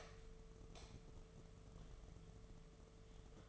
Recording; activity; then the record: daily activity, microphone in the room; light on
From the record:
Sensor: 4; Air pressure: 1015.4 hPa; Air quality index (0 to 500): 173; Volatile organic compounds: 7 ppm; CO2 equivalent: 2000 ppm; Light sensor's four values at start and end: 16/37/15/15 and 17/40/16/16